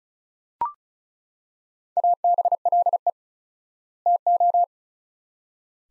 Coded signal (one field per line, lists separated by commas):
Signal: Morse code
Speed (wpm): 36 wpm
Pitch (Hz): 700 Hz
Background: none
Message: ABLE TO